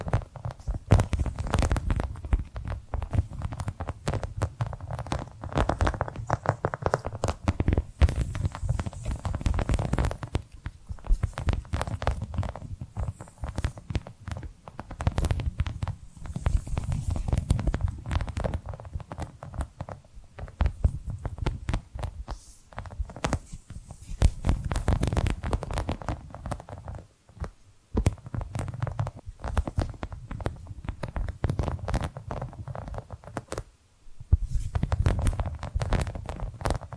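Tapping and scratching sounds run almost without pause, a dense stream of quick, irregular taps with a soft, low thumping body and a rough scratchy edge. Brief quiet gaps fall near 27 and 34 seconds before the tapping resumes at the same steady level.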